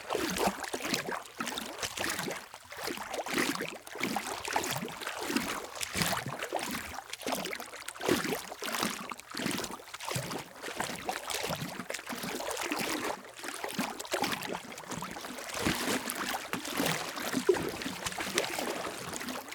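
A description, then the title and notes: Footsteps slosh through shallow water in a steady walking rhythm, roughly one bright, hissing splash every half second or so. The splashes are crisp, with a continuous wash of trickling, churning water filling the gaps between steps throughout. Walking Through the Shallow Water.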